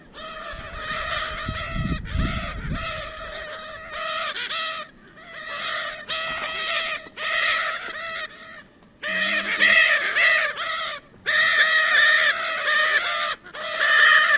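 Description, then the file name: Lear's macaw uttering repeated rough, nasal screeches in irregular runs, with a brief low rumble of wind or handling noise early on. "canto da arara azul de lear"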